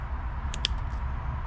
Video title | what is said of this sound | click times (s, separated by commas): Air Filter Replacement, Mass Air Flow Cleaning & Air Filter Reset - 2024 Chevrolet Trax 4K | Make sure you hear a little click. | 0.5 s, 0.6 s